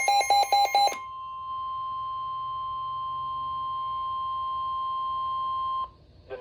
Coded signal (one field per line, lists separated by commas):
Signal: Emergency Alert System (SAME) tones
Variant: 1050 Hz attention tone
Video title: NOAA Weather Radio - Severe Thunderstorm Warning [EAS #144] (5/20/22)